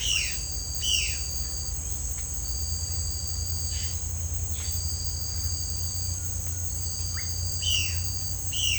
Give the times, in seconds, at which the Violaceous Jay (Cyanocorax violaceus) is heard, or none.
0.00-1.21, 7.54-8.79